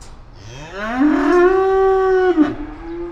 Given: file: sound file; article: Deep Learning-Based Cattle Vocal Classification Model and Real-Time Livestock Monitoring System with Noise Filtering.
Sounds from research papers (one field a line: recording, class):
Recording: cattle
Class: estrus call